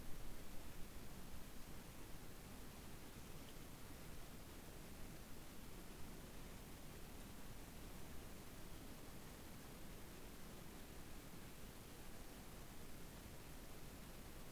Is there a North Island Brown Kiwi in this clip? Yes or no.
no